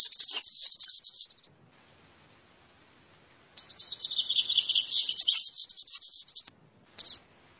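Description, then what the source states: Goldcrest singing very high, thin, rhythmic notes. After a pause a second phrase includes a lower twittering passage among the high notes, and a third phrase begins after a brief pause; no other sounds are heard. Song of the male; a very small bird, close to the leaf warblers in taxonomic order.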